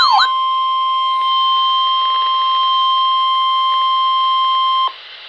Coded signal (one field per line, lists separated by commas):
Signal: Emergency Alert System (SAME) tones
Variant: 1050 Hz attention tone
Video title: NOAA - 2 Flood Warnings (EAS #601 - 602)